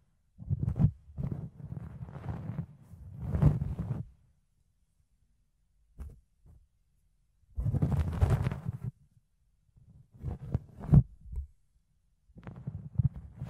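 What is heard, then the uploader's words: Muffled ear cleaning with soft fluffy rubbing and scratching in bursts, separated by silent pauses, plus occasional sharp crackly ticks. ASMR Fluffy Ear Cleaning, Ear Picking (No Talking).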